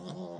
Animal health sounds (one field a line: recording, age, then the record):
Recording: pig call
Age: piglet (1 to 25 days)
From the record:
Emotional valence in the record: negative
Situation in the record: long isolation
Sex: female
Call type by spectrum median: low-frequency call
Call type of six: mixed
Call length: 0.40 s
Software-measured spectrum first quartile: 218 Hz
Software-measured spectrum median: 424 Hz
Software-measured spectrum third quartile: 859 Hz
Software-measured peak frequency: 176 Hz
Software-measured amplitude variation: 87 dB a second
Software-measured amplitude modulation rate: 18.7 a second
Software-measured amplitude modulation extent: 4.7 dB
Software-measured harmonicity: 3.8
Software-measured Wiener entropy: -0.31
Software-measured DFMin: 1037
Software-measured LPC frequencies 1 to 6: 461, 3311, 3587, 5079, 7131, 8129 Hz